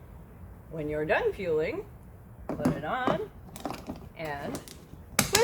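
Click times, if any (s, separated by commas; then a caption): 5.2 s, 5.4 s. A plastic fuel cap is twisted into the filler neck of a minivan after fueling while someone talks, with light handling taps around 3.6 seconds. Sharp ratchet clicks ring out at 5.2 and 5.4 seconds as the cap is tightened, showing the ratchet has reached its setting and the cap is secure.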